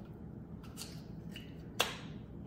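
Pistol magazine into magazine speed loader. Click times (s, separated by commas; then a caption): 1.8 s. A pistol magazine is pushed into a magazine speed loader in the direction of bullet travel, with a few light scraping ticks at about 0.8 and 1.4 seconds. A sharp click at 1.8 seconds shows the magazine is fully seated.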